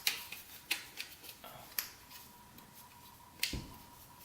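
An S7 Edge phone in a Supcase rugged case is pushed into its belt-clip holster, giving a run of sharp plastic clicks and rattles with the strongest ticks near 0.1, 1.8 and 3.4 seconds over a faint steady tone. Nothing has seated or locked yet.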